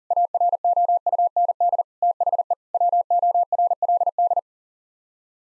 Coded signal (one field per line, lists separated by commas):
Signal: Morse code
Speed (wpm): 37 wpm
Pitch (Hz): 700 Hz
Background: none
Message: AROUND THE WORLD